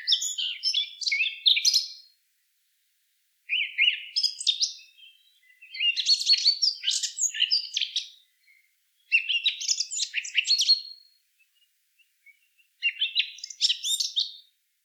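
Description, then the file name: Eurasian blackcap song: five bright, fast warbled phrases of mixed whistles and chatter, each about two seconds long, separated by short pauses. "Sylvia atricapilla"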